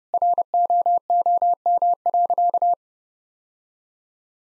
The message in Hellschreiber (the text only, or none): none